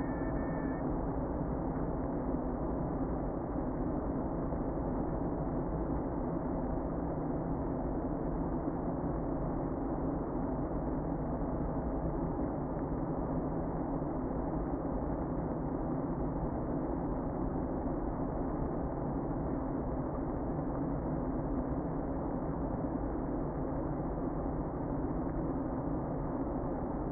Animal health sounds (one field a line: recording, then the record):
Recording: honeybee colony, microphone inside the hive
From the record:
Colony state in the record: queen present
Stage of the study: before two queens were removed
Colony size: about 60,000 bees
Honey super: yes